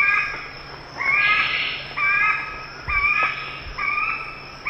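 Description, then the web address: Ivory-billed aracari calls: several drawn-out notes spaced about a second apart, with a faint low hum and a couple of brief thumps. Eastern lowlands of South America. "Natures Songs S America Eastern Lowlands. Pteroglossus azara, calls"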